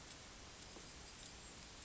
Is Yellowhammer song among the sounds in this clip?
no